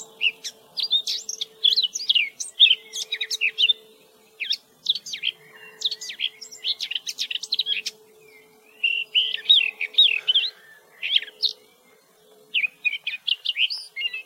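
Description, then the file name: Eurasian blackcap warbling in bursts of rapid chattering and whistled notes, each phrase a few seconds long with short silences between, over a constant low drone. "Sylvia atricapilla"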